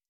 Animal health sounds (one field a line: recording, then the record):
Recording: hydrophone in a shrimp aquaculture tank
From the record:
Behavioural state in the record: stressed